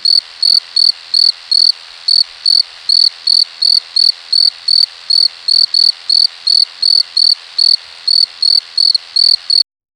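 Insect chirping: a steady series of short, high pulsed chirps, about two or three every second, evenly spaced and continuing for nearly ten seconds before stopping abruptly.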